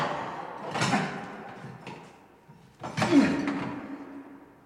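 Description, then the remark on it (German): Someone strains against a stuck door: two loud, rattling shoves about two seconds apart, each a broad, harsh thud and scrape that fades into low creaking, with no voices. “Verdammt, ich krieg die Tür nicht auf.”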